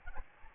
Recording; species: mosquito wingbeat signal from an infrared sensor; Aedes albopictus